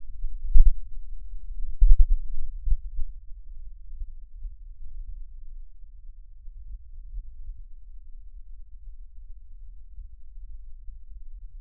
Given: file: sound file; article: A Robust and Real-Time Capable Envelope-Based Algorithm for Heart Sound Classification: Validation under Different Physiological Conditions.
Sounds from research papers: heart sounds by electronic stethoscope; rest; normal; sitting; left side of the back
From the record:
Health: healthy, no known heart disease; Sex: male

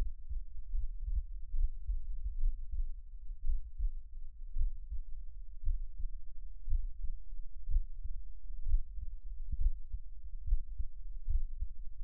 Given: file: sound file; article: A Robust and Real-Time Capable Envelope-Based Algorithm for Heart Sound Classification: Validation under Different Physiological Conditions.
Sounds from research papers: heart sounds by electronic stethoscope; rest; deep; sitting; Erb’s point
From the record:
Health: healthy, no known heart disease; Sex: male

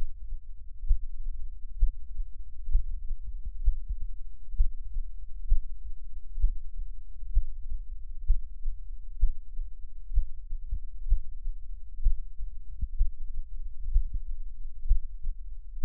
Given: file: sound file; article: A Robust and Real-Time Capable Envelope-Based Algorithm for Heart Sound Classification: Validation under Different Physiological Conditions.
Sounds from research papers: heart sounds by electronic stethoscope; rest; normal; lying on left side; Erb’s point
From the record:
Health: healthy, no known heart disease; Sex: male

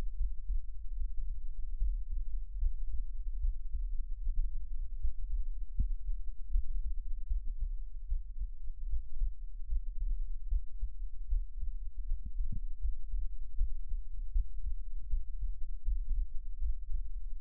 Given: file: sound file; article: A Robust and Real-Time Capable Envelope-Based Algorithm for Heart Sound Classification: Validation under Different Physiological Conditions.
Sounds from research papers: heart sounds by electronic stethoscope; rest; normal; sitting; Erb’s point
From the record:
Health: healthy, no known heart disease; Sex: male

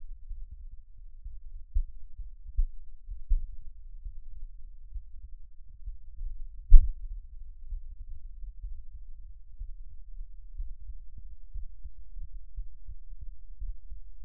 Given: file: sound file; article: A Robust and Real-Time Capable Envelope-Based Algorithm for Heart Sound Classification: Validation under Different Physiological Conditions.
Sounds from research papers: heart sounds by electronic stethoscope; rest; normal; sitting; sternum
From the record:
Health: healthy, no known heart disease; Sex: male

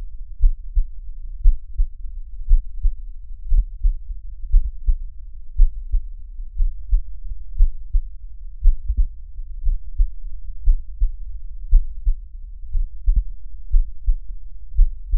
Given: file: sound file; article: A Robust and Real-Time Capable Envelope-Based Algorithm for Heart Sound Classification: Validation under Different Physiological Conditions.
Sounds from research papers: heart sounds by electronic stethoscope; rest; normal; sitting; sternum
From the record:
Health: healthy, no known heart disease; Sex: male

